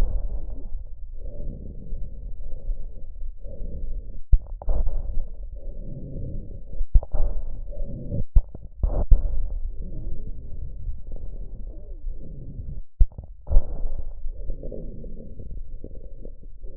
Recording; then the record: lung sounds by stethoscope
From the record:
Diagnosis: emphysema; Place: left posterior upper chest